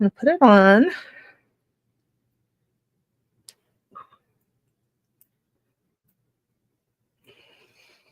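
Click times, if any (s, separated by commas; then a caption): 3.5 s. Someone talks briefly, then a vintage sterling jewelry piece is put on and its metal clasp is closed onto its catch. A sharp click at 3.5 s marks the clasp snapping shut and seating, followed by a few faint small sounds.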